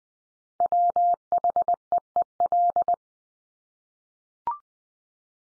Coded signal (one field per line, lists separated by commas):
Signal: Morse code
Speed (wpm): 20 wpm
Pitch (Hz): 700 Hz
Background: none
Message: WHEEL